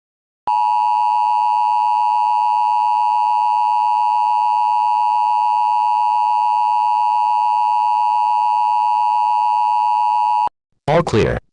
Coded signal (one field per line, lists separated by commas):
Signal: Emergency Alert System (SAME) tones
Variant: 853 and 960 Hz attention tone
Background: speech